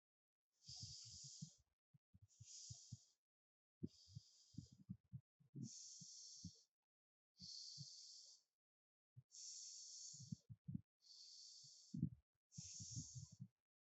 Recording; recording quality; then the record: deep breathing; excellent, no background noise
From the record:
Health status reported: healthy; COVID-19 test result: negative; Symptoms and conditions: none ticked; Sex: female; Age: 26 years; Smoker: not ticked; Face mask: not worn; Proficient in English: yes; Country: India